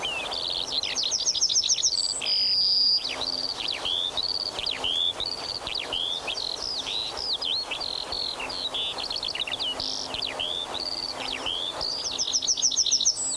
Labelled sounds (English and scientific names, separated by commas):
Yellowhammer (Emberiza citrinella)